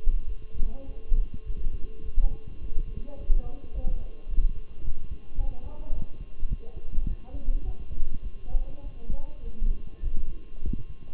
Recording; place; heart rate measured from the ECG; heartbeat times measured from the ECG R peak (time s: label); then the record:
heart sounds by stethoscope; between the tricuspid and mitral areas; 104 bpm
0.26 s: heartbeat
0.85 s: heartbeat
1.45 s: heartbeat
2.03 s: heartbeat
2.60 s: heartbeat
3.17 s: heartbeat
3.72 s: heartbeat
4.28 s: heartbeat
4.83 s: heartbeat
5.37 s: heartbeat
5.92 s: heartbeat
6.48 s: heartbeat
7.06 s: heartbeat
7.63 s: heartbeat
8.21 s: heartbeat
8.81 s: heartbeat
9.42 s: heartbeat
10.02 s: heartbeat
10.61 s: heartbeat
From the record:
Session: walking at 3.7 km/h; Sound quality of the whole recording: good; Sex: male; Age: 23 years